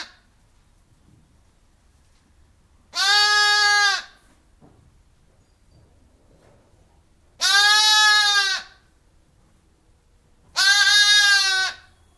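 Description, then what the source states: Sheep bleats: three drawn-out calls separated by quiet gaps. Ewe replying occasionally from outside; birds in background; recorded inside a barn.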